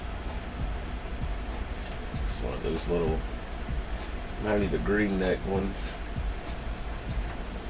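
A right-angle SATA data cable with a green neck is held and lined up at a hard drive port, ready to be pushed in until its latch clicks. Someone talks over a steady background hum. The cable has not seated or clicked yet.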